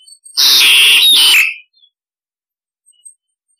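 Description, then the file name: Starling harsh call: one loud, grating screech lasting about a second, briefly broken midway, then silence with faint ticks. Calls used to lure starlings; described as starlings calling the flock. "Tieng sao da goi bay"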